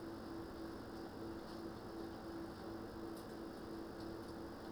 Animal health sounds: poultry house recording; no chicken sound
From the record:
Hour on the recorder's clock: 21

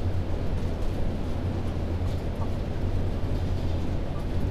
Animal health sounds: poultry house recording; healthy chickens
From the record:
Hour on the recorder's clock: 22

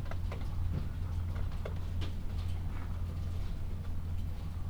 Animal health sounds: poultry house recording; sick chickens (respiratory disease)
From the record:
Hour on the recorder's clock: 13

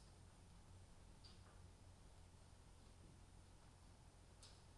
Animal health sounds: poultry house recording; no chicken sound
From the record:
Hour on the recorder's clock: 1

